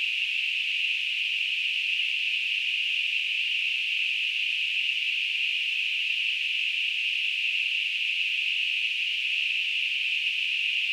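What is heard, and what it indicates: A simulated tinnitus sound: a steady, unbroken high-pitched hiss, a narrow noise band centred around 2.5–3 kHz, with constant loudness throughout and no low-frequency content.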